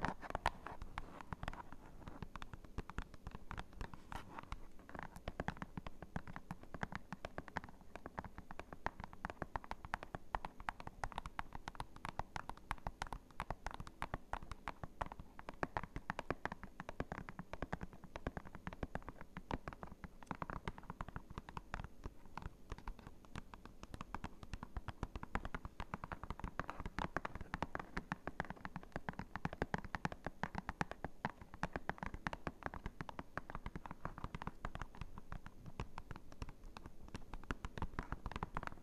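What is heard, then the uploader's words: Cardboard being tapped in a dense, restless patter of light hits that carries on through the whole clip without pausing. The taps are quick and irregular, with a dull papery body and a crisp edge, swelling slightly louder in places. ASMR Cardboard Taps! (No Talking).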